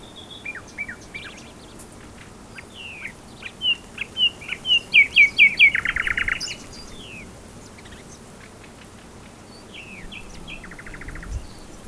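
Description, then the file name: Common nightingale singing a varied phrase: scattered chips, then loud swelling notes repeated quickly and accelerating into a dense buzzy burst, followed by softer notes and a short rattle. "Luscinia megarhynchos"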